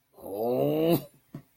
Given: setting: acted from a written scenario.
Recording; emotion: vocal sound without words; anger